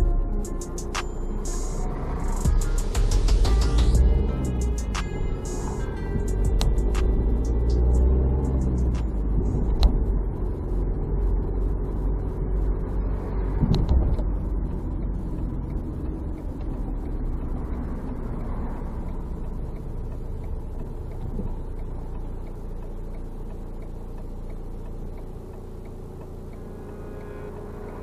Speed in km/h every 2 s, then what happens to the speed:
0, 1, 14, 21, 30, 32, 34, 33, 29, 21, 8, 0, 0, 0.
0-2 standing. 2-13 pulls away to 34. 13-21 brakes to 0. 21-28 standing.